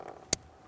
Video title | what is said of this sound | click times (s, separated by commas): How to Replace Brake Light Switch 2014-2019 Toyota Corolla | Listen for an audible click and a light tug confirming that's secured in place. | 0.3 s